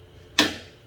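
A plastic exhaust hose fitting is pushed onto an HY-S600 portable air conditioner without an outdoor unit, after the hose has been pulled fully up inside. A single sharp click sounds at 0.4 s, then decays over a quiet background. The fitting clicks home and is seated.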